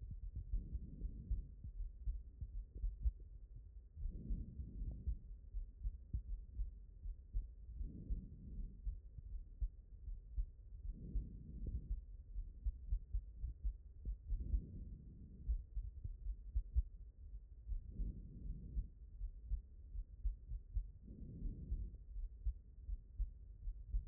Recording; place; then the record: heart sounds by stethoscope; aortic valve (AV)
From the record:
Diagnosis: non-HFrEF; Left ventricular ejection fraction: 72%